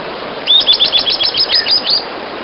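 Bird giving a rapid series of many high, thin chirps and short twittering notes over background noise.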